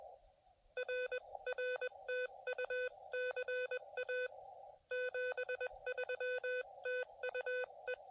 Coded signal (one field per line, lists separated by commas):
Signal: Morse code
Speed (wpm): 21 wpm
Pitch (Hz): 1500 Hz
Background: none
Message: RR TU CA 73 TU E